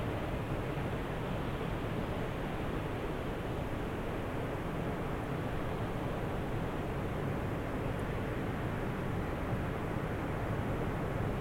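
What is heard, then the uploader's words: Waves in the distance make a steady, dense roar that fills the whole clip without rising or falling. The sound is mostly low and full, with no clear breaking crests. A single faint, high tick comes at about eight seconds. A cliff by the sea on a mid-autumn day. It's the afternoon, the sun is setting over the hill and everything is starting to slow down...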